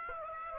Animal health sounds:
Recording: mosquito wingbeat signal from an infrared sensor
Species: Aedes aegypti

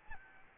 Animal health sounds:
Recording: mosquito wingbeat signal from an infrared sensor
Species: Aedes albopictus

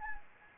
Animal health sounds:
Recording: mosquito wingbeat signal from an infrared sensor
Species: Anopheles gambiae

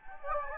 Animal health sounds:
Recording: mosquito wingbeat signal from an infrared sensor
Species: Anopheles gambiae

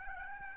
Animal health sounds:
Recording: mosquito wingbeat signal from an infrared sensor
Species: Aedes albopictus

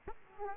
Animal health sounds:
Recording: mosquito wingbeat signal from an infrared sensor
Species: Aedes aegypti

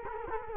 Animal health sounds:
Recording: mosquito wingbeat signal from an infrared sensor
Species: Culex quinquefasciatus

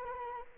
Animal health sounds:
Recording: mosquito wingbeat signal from an infrared sensor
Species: Anopheles arabiensis

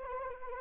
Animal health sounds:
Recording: mosquito wingbeat signal from an infrared sensor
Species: Anopheles arabiensis

